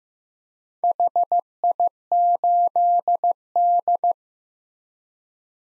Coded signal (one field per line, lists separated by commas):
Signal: Morse code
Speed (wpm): 15 wpm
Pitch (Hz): 700 Hz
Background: none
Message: HI8D